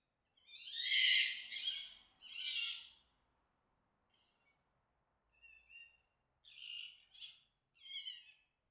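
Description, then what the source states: Fox screams: two loud, harsh, raspy cries, then a pause and several shorter, quieter hoarse calls in uneven bursts. Mating call.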